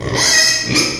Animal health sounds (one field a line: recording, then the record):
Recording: squeal of a Yucatan mini pig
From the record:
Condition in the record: before surgery on the right vocal fold (resection and tissue-engineered implant)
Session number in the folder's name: 2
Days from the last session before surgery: 0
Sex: male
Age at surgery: 12 weeks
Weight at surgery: 13 kg